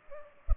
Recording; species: mosquito wingbeat signal from an infrared sensor; Culex pipiens